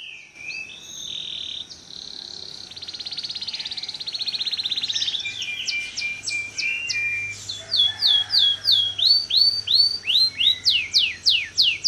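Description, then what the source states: Canary song opening with whistled notes and a long buzzy trill, then a run of loud, regularly repeated downward-sweeping chirps; faint low hum behind. Long-singing canary of the kalitan type, in full song.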